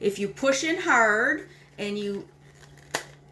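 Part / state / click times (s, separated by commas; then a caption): chopper top/lid on the chopper bowl / released / 2.9 s. Someone talks while pushing in hard on the plastic top of a manual food chopper and twisting it on the chopper bowl. A sharp click sounds at 2.9 s as the lid clicks free so the chopper can come apart.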